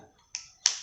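A 6 mm plastic guide comb is hooked on at the front and its back pressed onto the blade head of a Kemei KM-1407 hair clipper. Two sharp plastic clicks sound at about 0.4 s and 0.7 s, the second louder with a brief bright ring. The comb snaps on and is seated.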